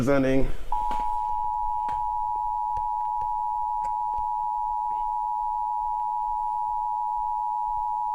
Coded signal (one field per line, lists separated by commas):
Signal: Emergency Alert System (SAME) tones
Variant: 853 and 960 Hz attention tone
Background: speech